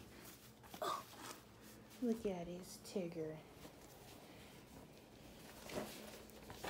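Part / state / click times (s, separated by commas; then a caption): toy bar into baby bouncer frame / seated / 6.3 s, 6.5 s. Someone talks while a plastic toy bar is fitted onto the frame of a Disney Bright Starts baby bouncer. Two short clicks are heard at 6.3 and 6.5 seconds as the bar clicks into place on the frame.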